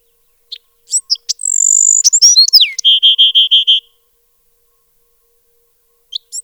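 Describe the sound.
Bewick's wren song: a few high chips, a long thin whistle, buzzy slurred notes sweeping down, then a fast even trill of several clear notes.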